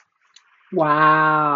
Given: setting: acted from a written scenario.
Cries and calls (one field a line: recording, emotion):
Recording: vocal sound without words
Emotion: awe